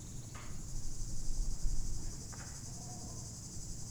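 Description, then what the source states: Cicadas holding a continuous high buzzing chorus, with a swell of low vehicle noise passing through. Cicadas very active in the heat beside the RD 991 road near Lac du Bourget, cliff side, Entrelacs, France; vehicles passing on the new road.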